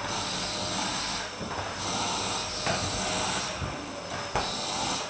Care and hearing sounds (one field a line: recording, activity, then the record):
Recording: daily activity, microphone in the room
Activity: vacuum cleaning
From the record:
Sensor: 2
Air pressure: 995.1 hPa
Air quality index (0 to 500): 50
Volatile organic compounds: 1 ppm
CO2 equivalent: 782 ppm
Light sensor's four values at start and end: 16/52/20/19 and 16/52/20/19